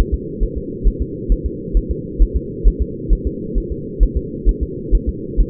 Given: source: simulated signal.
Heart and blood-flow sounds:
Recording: fetal heart sounds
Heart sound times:
0.14 s: S2
0.43 s: S1
0.57 s: S2
0.87 s: S1
1.02 s: S2
1.32 s: S1
1.46 s: S2
1.77 s: S1
1.91 s: S2
2.22 s: S1
2.36 s: S2
2.67 s: S1
2.82 s: S2
3.13 s: S1
3.27 s: S2
3.58 s: S1
3.72 s: S2
4.03 s: S1
4.17 s: S2
4.49 s: S1
4.63 s: S2
4.95 s: S1
5.09 s: S2
5.41 s: S1
From the record:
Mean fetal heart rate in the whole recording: 135 bpm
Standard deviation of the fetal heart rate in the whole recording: 3 bpm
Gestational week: 36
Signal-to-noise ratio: -4.1 dB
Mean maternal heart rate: no maternal heart sound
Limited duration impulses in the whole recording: absent

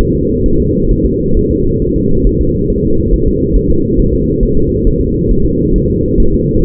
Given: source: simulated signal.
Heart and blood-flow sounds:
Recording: fetal heart sounds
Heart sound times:
0.01 s: S1
0.15 s: S2
0.46 s: S1
0.60 s: S2
0.91 s: S1
1.06 s: S2
1.37 s: S1
1.51 s: S2
1.82 s: S1
1.96 s: S2
2.27 s: S1
2.41 s: S2
2.70 s: S1
2.84 s: S2
3.13 s: S1
3.28 s: S2
3.56 s: S1
3.70 s: S2
4.00 s: S1
4.13 s: S2
4.43 s: S1
4.57 s: S2
4.87 s: S1
5.01 s: S2
5.31 s: S1
5.45 s: S2
5.76 s: S1
5.90 s: S2
6.20 s: S1
6.34 s: S2
6.64 s: S1
From the record:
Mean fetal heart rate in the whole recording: 135 bpm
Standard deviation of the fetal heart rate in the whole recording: 3 bpm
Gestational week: 36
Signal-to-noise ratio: -16.4 dB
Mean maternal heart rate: 72 bpm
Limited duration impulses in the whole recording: present

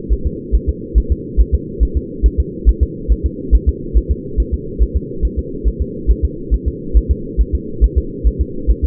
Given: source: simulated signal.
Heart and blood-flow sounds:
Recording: fetal heart sounds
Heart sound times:
0.12 s: S1
0.27 s: S2
0.55 s: S1
0.69 s: S2
0.98 s: S1
1.12 s: S2
1.41 s: S1
1.55 s: S2
1.83 s: S1
1.97 s: S2
2.26 s: S1
2.40 s: S2
2.69 s: S1
2.83 s: S2
3.12 s: S1
3.26 s: S2
3.55 s: S1
3.69 s: S2
3.97 s: S1
4.12 s: S2
4.40 s: S1
4.54 s: S2
4.82 s: S1
4.97 s: S2
5.25 s: S1
5.39 s: S2
5.68 s: S1
5.82 s: S2
6.10 s: S1
6.25 s: S2
6.54 s: S1
6.68 s: S2
6.97 s: S1
7.11 s: S2
7.41 s: S1
7.55 s: S2
7.84 s: S1
7.98 s: S2
8.27 s: S1
8.41 s: S2
8.70 s: S1
8.85 s: S2
From the record:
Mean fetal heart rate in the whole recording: 140 bpm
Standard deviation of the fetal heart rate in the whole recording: 2 bpm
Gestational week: 34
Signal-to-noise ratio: -4.3 dB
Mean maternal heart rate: 72 bpm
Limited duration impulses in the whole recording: absent

